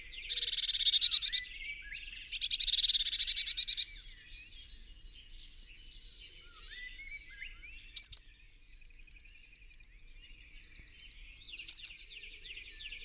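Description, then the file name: Eurasian blue tit with two buzzy churring bursts, then two high, thin, fast-pulsed trills that drop slightly in pitch. "Cyanistes caeruleus"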